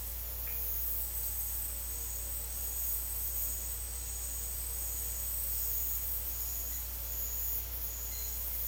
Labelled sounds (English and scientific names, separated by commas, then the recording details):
none
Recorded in dense forest near Puerto Asís, Putumayo, Colombia, on 9 March 2025 at 16:00
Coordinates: 0.503, -76.323
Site GP09